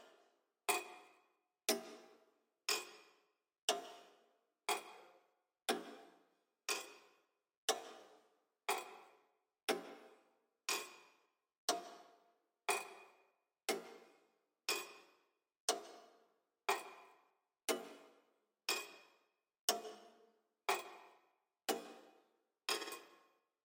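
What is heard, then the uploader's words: A historic wall clock ticks once per second, each crisp, bright tick ringing briefly before fading into near silence. This is a recording the soft and relaxing ticking of a historic wall clock exposed in the museum of the island Sylt in Keitum, Germany. Recorded by Martin Juenke.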